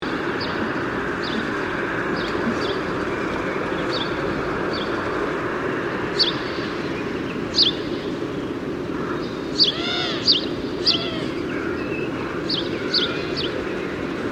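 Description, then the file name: House sparrow chirps, repeated sharp notes that grow busier toward the end, over traffic rumble. "Passer domesticus"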